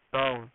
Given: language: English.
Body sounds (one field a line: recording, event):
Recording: throat vibration sensor signal played as sound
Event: speech